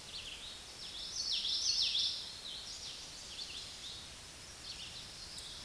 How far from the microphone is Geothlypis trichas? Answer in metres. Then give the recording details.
about 15 m. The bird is about 10 m above the microphone. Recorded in a Pennsylvania forest on 16 May 2024 at 09:05. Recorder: AudioMoth, point MSD-2164. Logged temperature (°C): 15.8 °C. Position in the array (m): 201 m, 77 m